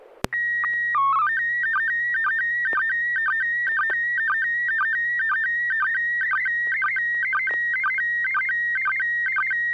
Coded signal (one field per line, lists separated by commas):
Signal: SSTV (slow-scan television)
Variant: PD 120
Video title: N6NA SSTV Net - 03/06/2024